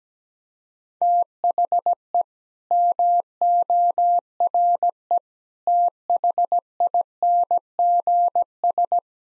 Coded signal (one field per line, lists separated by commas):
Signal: Morse code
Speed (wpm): 17 wpm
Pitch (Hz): 700 Hz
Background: none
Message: THE MORE THINGS